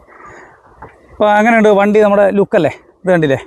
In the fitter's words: just press ചെയ്തു വെച്ചു കഴിഞ്ഞാൽ അത് ലോക്ക് ആയിട്ട് അവിടെ ഇരുന്നോളും അപ്പോ